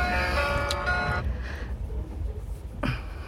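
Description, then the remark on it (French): A phone rings with a bright, tuneful electronic ringtone for about a second, then cuts off, leaving a low steady rumble and a short rustling thump near the end. “C'est lui, j'en suis sûre. Je réponds, sinon il va encore appeler chez moi, mon mari va commencer à avoir des doutes.”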